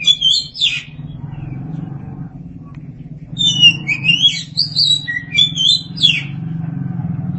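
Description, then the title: Oriental magpie-robin song, a short whistled phrase, a pause, then a longer varied run of sweet whistles and chirps over a low hum. Birdsong (kicauan). "Suara Kicauan Burung Kacer"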